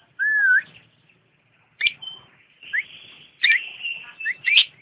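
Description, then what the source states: Lovebird chirps: a bright rising whistled note, then sharp chirps and squeaky whistles in scattered bursts, with quiet pauses between. Champion lovebird singing.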